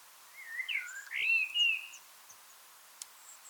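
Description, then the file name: Eurasian blackbird song: a mellow fluted phrase with a few faint high notes above it and a single sharp click near the end. "Turdus merula"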